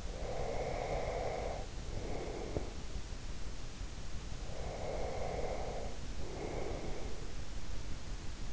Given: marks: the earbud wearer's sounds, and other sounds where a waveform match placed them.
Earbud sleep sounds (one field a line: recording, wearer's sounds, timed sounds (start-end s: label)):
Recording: sounds in sleep by an in-ear microphone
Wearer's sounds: breath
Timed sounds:
0.00-2.97 s: breath
4.43-7.51 s: breath